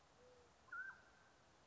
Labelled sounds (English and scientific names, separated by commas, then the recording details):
Mountain Quail (Oreortyx pictus)
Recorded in Sonoma County, California